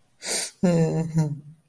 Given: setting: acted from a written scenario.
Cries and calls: vocal sound without words; sadness

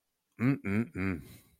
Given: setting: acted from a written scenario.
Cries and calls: vocal sound without words; desire

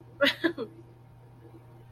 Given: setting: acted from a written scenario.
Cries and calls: vocal sound without words; pride

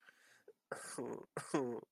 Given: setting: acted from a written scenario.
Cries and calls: vocal sound without words; sadness

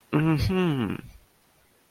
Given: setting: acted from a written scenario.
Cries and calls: vocal sound without words; realization

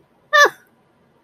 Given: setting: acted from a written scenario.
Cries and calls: vocal sound without words; elation

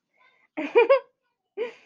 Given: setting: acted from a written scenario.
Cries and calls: vocal sound without words; amusement

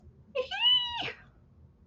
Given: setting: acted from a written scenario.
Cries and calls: vocal sound without words; elation

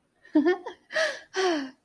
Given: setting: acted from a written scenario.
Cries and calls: vocal sound without words; elation

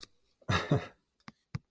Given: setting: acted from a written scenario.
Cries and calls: vocal sound without words; amusement

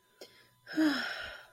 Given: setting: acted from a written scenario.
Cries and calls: vocal sound without words; serenity

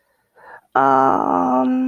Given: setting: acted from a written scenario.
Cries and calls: vocal sound without words; guilt

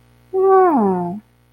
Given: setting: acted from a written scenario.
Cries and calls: vocal sound without words; realization

